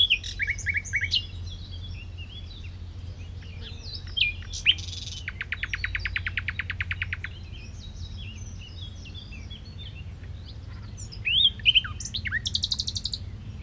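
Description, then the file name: Common nightingale song: a brief chattering start, a long rapid pulsed rattle in the middle, then sparse sharp notes. "Luscinia megarhynchos"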